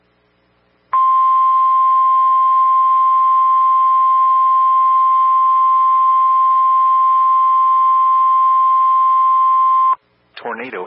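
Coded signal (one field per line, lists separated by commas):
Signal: Emergency Alert System (SAME) tones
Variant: 1050 Hz attention tone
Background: speech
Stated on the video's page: Real EAS audio for a tornado emergency and a severe thunderstorm warning.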